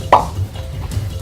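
A plastic action figure head from the DC Collectibles DC Comics Icons Darkseid & Grail deluxe 2-pack is pressed onto its neck ball joint peg. It gives a sharp pop at 0.1 s as it snaps fully home, and the head is seated.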